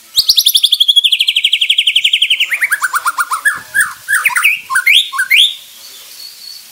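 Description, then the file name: White-rumped shama with a fast rattling series of notes slowly falling in pitch, then harsher rising squawks and short chattered phrases. Bornean white-rumped shama of the crowned (mahkota) variety, harsh call. "Suara kasar burung murai batu borneo mahkota"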